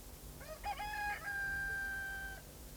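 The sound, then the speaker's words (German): A single rooster crows: a short rising note breaks into a long, steady, high-pitched call held for nearly two seconds before cutting off, over faint low background noise. “Die Hunde schweigen und die Hühner räkeln sich träg im Staub.”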